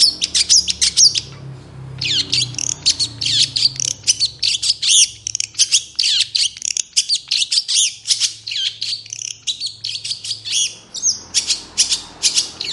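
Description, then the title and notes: Long-tailed shrike singing continuously: a busy stream of high, sharp chirps and buzzy trills with varied phrases, a short gap near two seconds, and a low hum behind. Singing in the morning; clear, varied voice with toet toet notes, described as easy for other birds to imitate. "Cendet Gacor Dor Di Kala Pagi Toet Toet Variasi Suara Jernih Mudah Di Tiru. Burung cendet"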